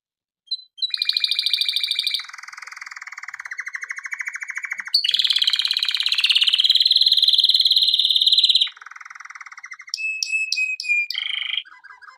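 Canary singing a sequence of rapid rolling trills, each section switching pitch between lower buzzy rolls and bright high tours, closing with clipped whistled notes.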